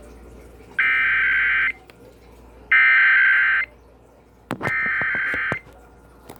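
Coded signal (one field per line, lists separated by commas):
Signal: Emergency Alert System (SAME) tones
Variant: header bursts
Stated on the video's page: Ohio Required Monthly Test received on fewer weather radio stations than before, plus a Required Weekly Test.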